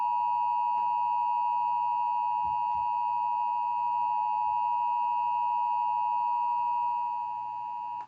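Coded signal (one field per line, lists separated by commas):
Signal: Emergency Alert System (SAME) tones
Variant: 853 and 960 Hz attention tone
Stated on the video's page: Valid EAS tones from severe weather alerts.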